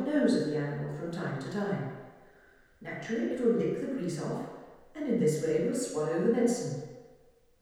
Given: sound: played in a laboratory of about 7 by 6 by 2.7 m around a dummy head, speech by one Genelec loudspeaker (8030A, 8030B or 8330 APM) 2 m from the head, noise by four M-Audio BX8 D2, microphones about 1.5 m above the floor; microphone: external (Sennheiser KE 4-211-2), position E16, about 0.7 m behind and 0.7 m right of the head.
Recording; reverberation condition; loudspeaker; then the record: female speech in English; high; 60 degrees to the left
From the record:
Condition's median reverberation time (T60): about 1300 ms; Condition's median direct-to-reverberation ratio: about -4.0 dB